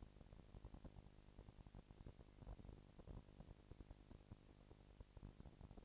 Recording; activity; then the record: daily activity, microphone in the room; no activity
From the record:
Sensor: 5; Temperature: 19.8 degrees Celsius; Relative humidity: 36.7%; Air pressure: 997.2 hPa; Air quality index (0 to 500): 169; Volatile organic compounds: 14 ppm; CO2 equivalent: 2439 ppm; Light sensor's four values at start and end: 2/3/1/1 and 2/3/1/1